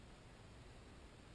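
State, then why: Not seated. The second seal retaining clip is worked into position in the hub groove with a small orbital motion before the tool snaps it home. Only steady, broadband hiss with a low rumble is heard, with no distinct impacts. Nothing has seated or clicked yet.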